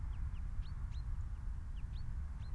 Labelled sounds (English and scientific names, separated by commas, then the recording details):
Common Chaffinch (Fringilla coelebs)
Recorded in Germany
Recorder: ecoPi